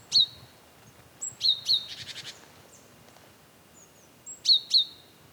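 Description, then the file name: Great tit uttering crisp doubled high notes, broken midway by a short buzzy rattling chatter, then the paired notes return. "Parus major"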